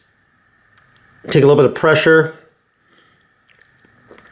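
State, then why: Seated. A small greased, ball-ended actuator part is pressed by hand into the end of an Avid BB7 mechanical disc brake caliper body while someone talks. Faint handling ticks follow, and the part snaps into place, seated, with a small click at 4.2 s.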